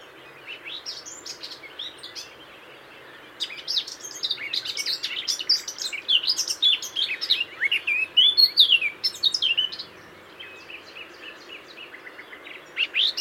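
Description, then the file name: Eurasian blackcap singing a long, rapid jumble of scratchy and sweet notes that grows louder midway, then fades before a brief restart. "Sylvia atricapilla"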